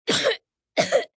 Sick sound effects human element male 12 cough.